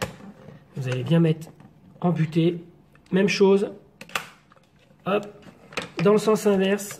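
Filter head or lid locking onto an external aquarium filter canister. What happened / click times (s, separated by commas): The filter part is handled but not yet locked home / none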